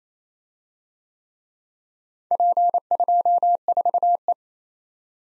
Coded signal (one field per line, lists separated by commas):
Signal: Morse code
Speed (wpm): 31 wpm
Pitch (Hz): 700 Hz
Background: none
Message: P24E